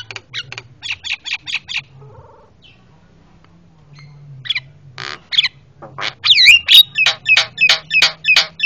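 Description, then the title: Javan myna calls: a quick series of rasping notes, a quiet gap, then loud harsh squawks and squealing whistles repeated rapidly, over a low hum. Very noisy Javan myna calls, used for training cage birds by imitation (masteran). "Jalak Kebo Master Suara Super Berisik Buat Masteran"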